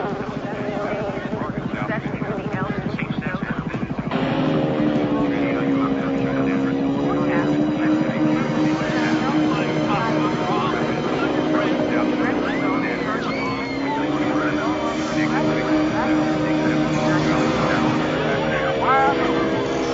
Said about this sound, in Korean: 교통체증 때문에 꼼짝도 못하고 차 안에 갇힌 주인공 디펜스의 모습으로 시작하는데요.